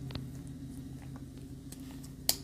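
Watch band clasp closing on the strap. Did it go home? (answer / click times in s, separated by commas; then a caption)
yes / 2.3 s. The folding clasp of a wooden band on a WildsWood automatic mechanical zebrawood wristwatch is worked shut against a steady low hum, with a few faint taps along the way. A sharp click at 2.3 s marks the clasp snapping home and seating closed on the strap.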